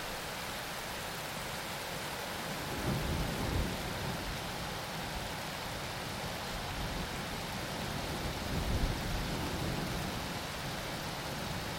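A thunderstorm with heavy wind, heard as a dense, steady rush that fills the whole range from low to bright. Gusts swell the low end around three to four seconds and again near nine seconds, with a rain-like hiss continuing underneath throughout.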